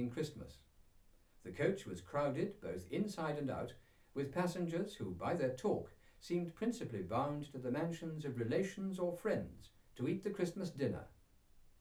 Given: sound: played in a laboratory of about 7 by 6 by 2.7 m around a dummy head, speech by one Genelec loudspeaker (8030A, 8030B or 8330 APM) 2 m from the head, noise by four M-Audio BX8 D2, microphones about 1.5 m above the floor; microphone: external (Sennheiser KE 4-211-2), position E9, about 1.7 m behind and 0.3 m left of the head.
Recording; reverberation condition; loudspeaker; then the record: male speech in English; low; 60 degrees to the left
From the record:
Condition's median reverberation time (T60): about 310 ms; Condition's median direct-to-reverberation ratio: about 3.5 dB